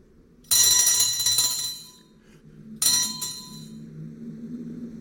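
A small hand bell rings in two bright, shimmering bursts, each clattering loudly at first and then fading, with a low steady hum underneath between them.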